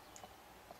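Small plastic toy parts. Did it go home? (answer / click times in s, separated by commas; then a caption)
no / none. A plastic flick-fire missile is being handled as it is pushed back into its brick launcher on the crazy duck boat from LEGO Super Heroes set 76010. Against a steady low background hum, a few faint light ticks sound, the sharpest at 0.2 s and another around 0.7 s. Nothing has seated or clicked into place yet.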